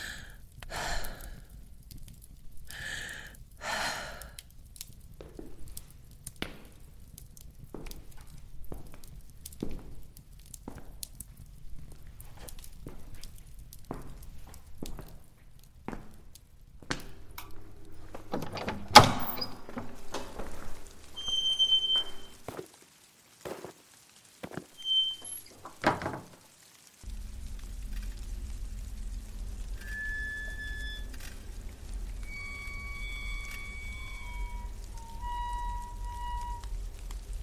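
Sharp knocks and creaks scatter through a low rumble, a loud crack near nineteen seconds, then a steady deeper drone with faint whistling tones.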